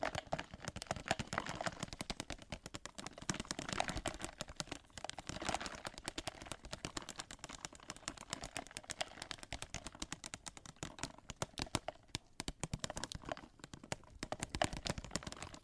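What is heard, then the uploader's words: Dense, rapid clicks and small taps of ice clinking and crackling run through the whole recording, irregular and closely packed. Bright, sharp snaps sit over a faint low hum, with busier bursts around two, five to six, and thirteen to fifteen seconds. Blue yeti microphone. Ice clinking, ice melting, mic tapping.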